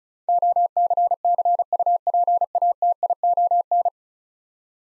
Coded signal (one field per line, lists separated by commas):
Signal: Morse code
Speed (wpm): 36 wpm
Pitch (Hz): 700 Hz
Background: none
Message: OCCUPATION